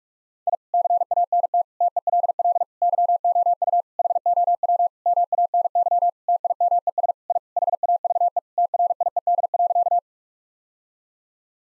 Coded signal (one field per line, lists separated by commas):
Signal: Morse code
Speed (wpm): 41 wpm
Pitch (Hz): 700 Hz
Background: none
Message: I CANT TELL YOU HOW MANY TIMES I HAVE TRIED.